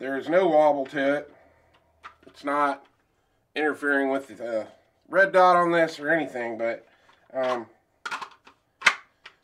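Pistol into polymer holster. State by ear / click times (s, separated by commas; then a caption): seated / 8.9 s. A pistol is pushed into a polymer retention holster while someone talks, then it snaps home with a sharp, positive click at 8.9 s among a few smaller handling clicks. The pistol is seated securely in the holster.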